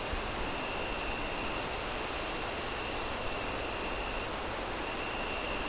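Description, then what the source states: Cricket, rhythmic high chirps roughly every half second, partly fading midway, against a constant high whine and rushing wind. Crickets chirping at night, moon rising, wind howling through trees in gusts.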